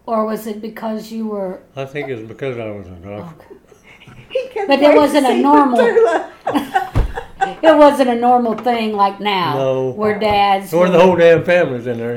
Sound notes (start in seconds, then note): 3.3 laughing; 6.2 laughing